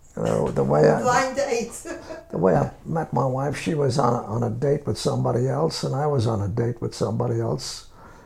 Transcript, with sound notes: The way I...
Blind date. (she laughs)
The way I met my wife, she was on a date with somebody else, and I was on a date with somebody else.